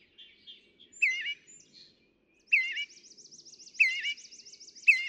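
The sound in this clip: Northern mockingbird song mixing soft chatter, bright slurred whistles and rapid quavering high trills, with a short silence partway through.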